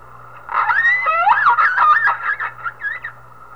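Whale calls: a run of squealing tonal notes with harmonics that sweep up and down, lasting about two and a half seconds over a steady low hum.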